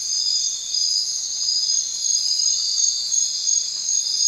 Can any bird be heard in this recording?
no